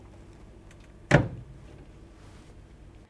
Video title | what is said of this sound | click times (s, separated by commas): Beko Freezer Top Flap Replacement Needed? - Quick & Easy Guide! | Then get your new hinge and push it into the allocated holes until you hear it click. | 1.1 s